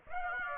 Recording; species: mosquito wingbeat signal from an infrared sensor; Aedes aegypti